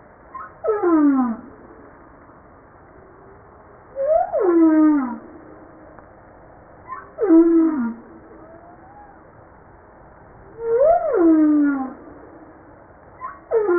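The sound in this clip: Humpback whale calls, five descending harmonic moans about three seconds apart, some rising briefly before sliding down, the last cut off, with faint quieter tones between.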